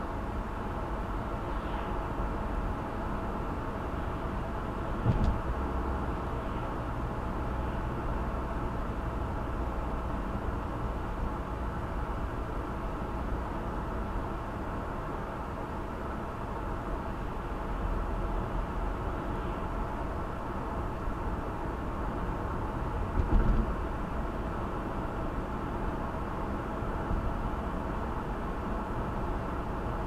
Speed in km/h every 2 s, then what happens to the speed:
71, 71, 72, 72, 74, 71, 72, 69, 69, 69, 71, 72, 74, 74, 74.
0-30 steady at about 72.